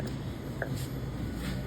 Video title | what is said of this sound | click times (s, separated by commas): Bunn coffee machine tutorial | don't pull hard just pull till it clicks now push it back in | 0.6 s